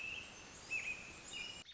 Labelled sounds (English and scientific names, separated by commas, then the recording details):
American Robin (Turdus migratorius)
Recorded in Sonoma County, California